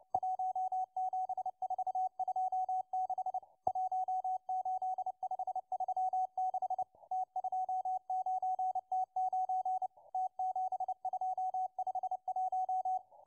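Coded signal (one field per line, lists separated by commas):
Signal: Morse code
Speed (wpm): 29 wpm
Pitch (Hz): 750 Hz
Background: radio noise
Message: 17426 18536 T29T9 T7251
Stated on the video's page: Russian Morse number station M12 heard on 11139 kHz.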